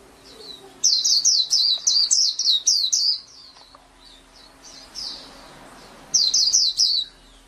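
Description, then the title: Oriental magpie-robin: a dense burst of loud, high chirps, a quiet gap with soft notes, then another brief rapid phrase. "Kicau Kacer"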